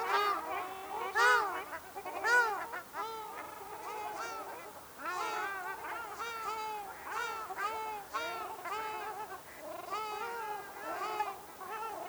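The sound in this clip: Ruddy shelduck honking almost continuously, nasal arched calls overlapping, with louder notes near the start and steady calling after.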